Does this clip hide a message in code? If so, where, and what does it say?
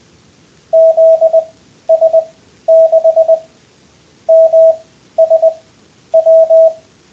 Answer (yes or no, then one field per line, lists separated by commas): yes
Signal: Morse code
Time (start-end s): 0.7-6.7 s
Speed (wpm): 20 wpm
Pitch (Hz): 660 Hz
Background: none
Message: ZS6MSW